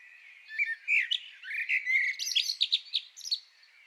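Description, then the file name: Common blackbird song: a mellow fluted warble of low whistled notes, running into a scratchy, high twittering flourish toward the end. "Turdus merula"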